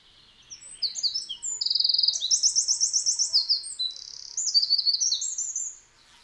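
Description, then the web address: Eurasian wren singing a vigorous high-pitched burst of jumbled notes and quick trills, with a sustained rattling stretch in the middle, about five seconds long. Recorded at Valsolda. "cibra valsolda. Scricciolo"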